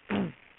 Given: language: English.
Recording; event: throat vibration sensor signal played as sound; throat clearing